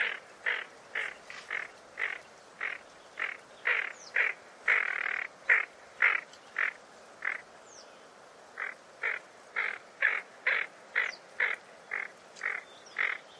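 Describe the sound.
Bird giving rasping, nasal calls about twice a second, briefly pausing midway before resuming, while faint thin whistles from other birds sound in the background.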